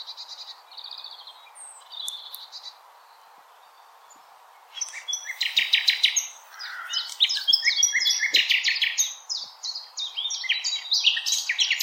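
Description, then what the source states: Common nightingale song, quiet opening notes, then after a pause a loud stream of rich, rapidly varied trills and chirps. Recorded 16 April 2021.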